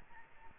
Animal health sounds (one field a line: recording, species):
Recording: mosquito wingbeat signal from an infrared sensor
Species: Aedes albopictus